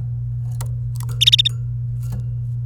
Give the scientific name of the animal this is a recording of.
Serinus canaria